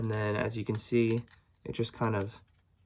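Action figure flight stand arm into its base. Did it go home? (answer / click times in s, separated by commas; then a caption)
no / none. A plastic flight stand arm for an action figure is slid along its plastic base while someone talks, and soft handling and typing-like tapping noises are heard. The clip ends before the arm goes home; nothing has seated or clicked yet.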